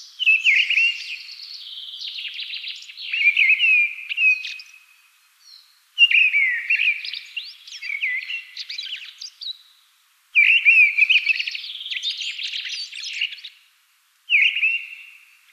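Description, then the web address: Mistle thrush singing in several rich, whistled phrases with scratchy high flourishes, each phrase lasting a few seconds before a short pause. Observation in 2013. "Aktuelle Beobachtungen 2013 Misteldrossel"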